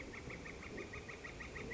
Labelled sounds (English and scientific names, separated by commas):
Northern Flicker (Colaptes auratus)